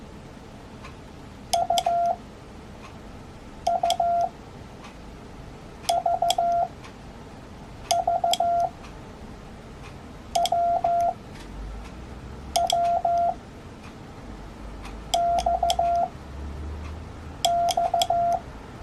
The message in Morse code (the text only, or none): U U V V W W X X